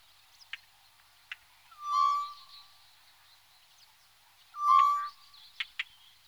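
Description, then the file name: Tropical boubou call: two loud, slightly falling whistles about three seconds apart, with scattered sharp clicks around them. "gonolec ventre blanc"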